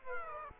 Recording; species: mosquito wingbeat signal from an infrared sensor; Aedes aegypti